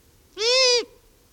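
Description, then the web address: Owl call: one rich, nasal, steady note lasting about half a second that drops away at the end. "BIRD NOTE. What Does an Owl Sound Like"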